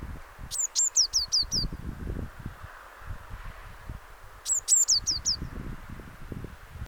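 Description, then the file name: Eurasian blue tit giving two bursts of thin, high, falling notes over heavy low rumbling noise. "Cyanistes caeruleus"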